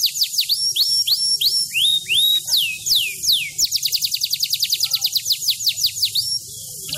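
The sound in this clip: Bird song of loud, high, sweeping whistled slurs, speeding into a fast run of sharp repeated chips.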